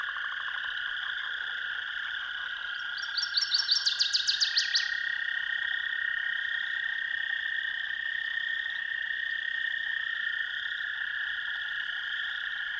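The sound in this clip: Northern waterthrush giving one brisk song of clear repeated notes about two seconds long, followed by a long stretch of steady buzzing background chorus.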